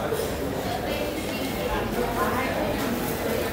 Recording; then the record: background sound without coughing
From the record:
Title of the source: 40 min - Ambience sounds UNIVERSITY lunchroom chatting